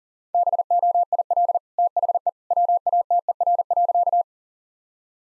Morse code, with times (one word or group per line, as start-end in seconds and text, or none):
0.3-1.6 BOIL
1.8-2.3 THE
2.5-4.2 WATER.